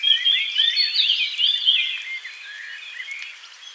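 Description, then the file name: Eurasian blackcap song: a rapid, dense, scratchy warbling with clear whistled notes woven in. It is loudest at the start and fades toward the end. "Sylvia atricapilla"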